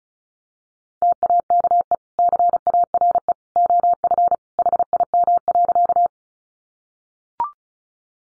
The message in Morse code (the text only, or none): TAKE CARE OF HIM.